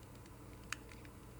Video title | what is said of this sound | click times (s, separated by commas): 30 weeks pregnant | and you can hear the click you push the away button that's the needle that's what you feel in your finger it's like a little | 0.7 s